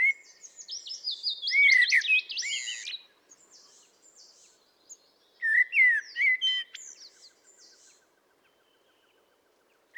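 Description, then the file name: Common blackbird song mixing low, flowing whistles with shrill, squeaky, rapid notes in two bursts, separated by quieter twittering. "Turdus merula"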